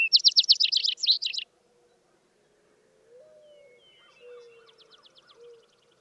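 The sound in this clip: Vesper Sparrow song ending in a loud rapid trill, then quiet with a low hum and a fainter trill of similar chips later on.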